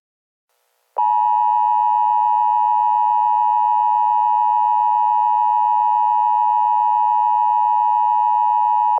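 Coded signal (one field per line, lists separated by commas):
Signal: Emergency Alert System (SAME) tones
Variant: 853 and 960 Hz attention tone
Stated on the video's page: Simulated weekly, monthly and nationwide test alerts; tones may be valid.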